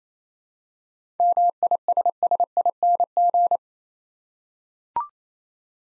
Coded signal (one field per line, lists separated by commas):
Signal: Morse code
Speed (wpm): 27 wpm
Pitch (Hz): 700 Hz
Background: none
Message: MISSING